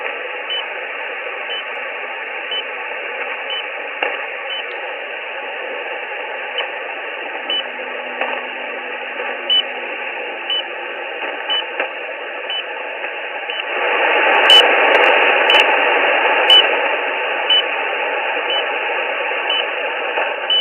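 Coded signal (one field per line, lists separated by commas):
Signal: radio time signal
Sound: brief high beeps once each second under steady shortwave hiss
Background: radio static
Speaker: This is the time signal station. Uh yeah, that's it. The time signal station from Russia. So there is propagation coming in on Russia on this frequency range.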